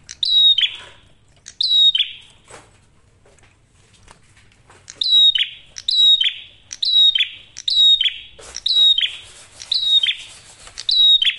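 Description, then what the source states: Prinia song phrases, each a bright downslurred whistle followed by a level buzzy tone. A quiet gap comes early, then steady repeats about every second. Training recording for songbirds; clear, energetic song.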